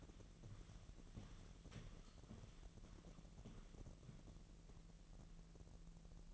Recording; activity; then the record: daily activity, microphone in the room; walk to room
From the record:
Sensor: 4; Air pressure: 1013.1 hPa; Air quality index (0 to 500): 246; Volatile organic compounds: 4 ppm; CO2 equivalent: 1642 ppm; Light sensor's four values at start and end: 34/78/33/33 and 37/88/36/36